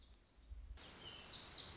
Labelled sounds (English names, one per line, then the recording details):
Lazuli Bunting
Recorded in Sonoma County, California